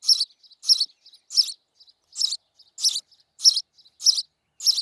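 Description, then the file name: House sparrow repeating loud bright chirps in quick succession, with small quiet notes between them. "Passer domesticus"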